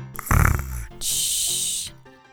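A single snore: a rattling low-pitched inward snort followed by a long hissing outward breath.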